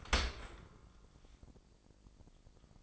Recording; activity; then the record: daily activity, microphone in the room; open dishwasher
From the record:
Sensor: 5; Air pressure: 1012.4 hPa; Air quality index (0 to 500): 161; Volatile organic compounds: 2 ppm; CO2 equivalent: 1097 ppm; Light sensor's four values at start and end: 106/255/107/119 and 106/255/107/118